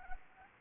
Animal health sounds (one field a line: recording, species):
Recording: mosquito wingbeat signal from an infrared sensor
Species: Anopheles gambiae